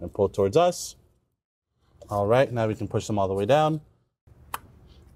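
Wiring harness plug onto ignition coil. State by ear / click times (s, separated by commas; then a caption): seated / 4.5 s. Someone talks while pushing a plastic wiring harness plug down onto an ignition coil on a 2005–2009 Volkswagen Golf GTI (Mk5) engine. After a quiet pause, the connector snaps home with one sharp click at 4.5 s, seated in a solid engagement.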